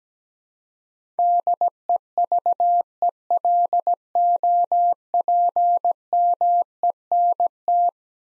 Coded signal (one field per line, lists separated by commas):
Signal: Morse code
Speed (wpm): 17 wpm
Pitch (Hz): 700 Hz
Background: none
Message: DEVELOPMENT